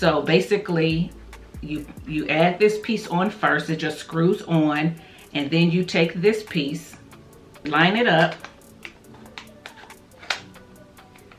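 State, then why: Seated. A wide-angle conversion lens is pushed onto an adapter ring that has been screwed onto a compact camera, while someone talks over music playing underneath. A few small clicks and taps follow the talking, and the lens clicks into place at 10.3 seconds.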